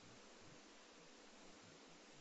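A small screw is being started back into the threaded hole of a Nokia Lumia 920 phone body during a repair to fix a loose battery, turned backwards to find the thread. Only a steady broadband hiss is heard, with no distinct clicks or sudden sounds. Nothing has seated or clicked yet.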